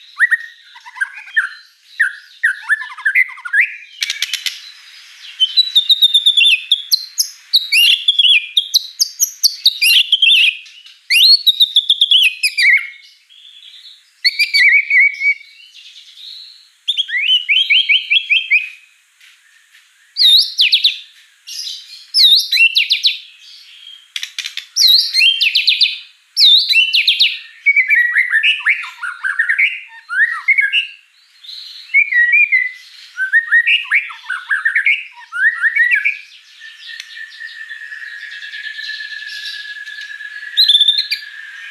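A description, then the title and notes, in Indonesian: A white-rumped shama sings a long, lively song of varied whistles, trills and rapid chattering phrases, mostly bright and high. Phrases come in quick bursts with short pauses throughout, and near the end a steady held whistle runs underneath the song. Audio Murai Batu Dongfeng.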